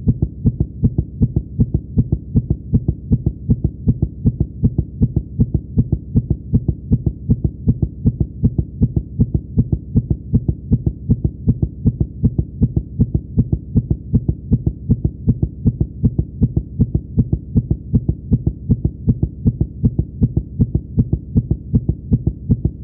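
Fast, steady low thumps repeat about 158 times a minute with a very regular rhythm and a faint hum underneath. This is a very fast heartbeat, a tachycardia, as a sound effect.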